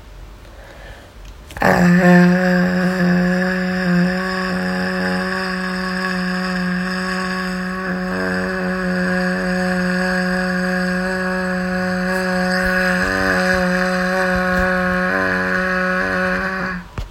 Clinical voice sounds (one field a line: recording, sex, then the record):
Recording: sustained vowel /a/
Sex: female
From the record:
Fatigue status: fatigue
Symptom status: symptomatic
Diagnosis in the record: COVID-19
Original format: m4a